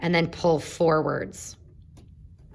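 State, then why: Not seated. Someone talks while the upper thread on a Viking 118 sewing machine is looped around the guide from left to right and pulled forward so it will drop into the thread take-up lever. After the talking stops, there is quiet handling with one faint, short tick at about 2.0 s. The thread has not yet clicked into the take-up lever.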